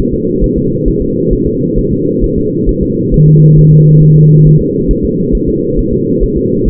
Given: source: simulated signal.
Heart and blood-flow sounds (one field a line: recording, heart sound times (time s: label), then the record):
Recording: fetal heart sounds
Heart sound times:
0.14 s: S2
0.44 s: S1
0.58 s: S2
0.88 s: S1
1.02 s: S2
1.33 s: S1
1.47 s: S2
1.78 s: S1
1.92 s: S2
2.24 s: S1
2.38 s: S2
2.69 s: S1
2.83 s: S2
3.14 s: S1
3.28 s: S2
3.59 s: S1
3.72 s: S2
4.03 s: S1
4.17 s: S2
4.47 s: S1
4.61 s: S2
4.91 s: S1
5.05 s: S2
5.35 s: S1
5.49 s: S2
5.79 s: S1
5.93 s: S2
6.23 s: S1
6.37 s: S2
6.68 s: S1
From the record:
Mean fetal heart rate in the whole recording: 135 bpm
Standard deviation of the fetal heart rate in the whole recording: 3 bpm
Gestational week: 36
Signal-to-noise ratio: -11.2 dB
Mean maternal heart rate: 72 bpm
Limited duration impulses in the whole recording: present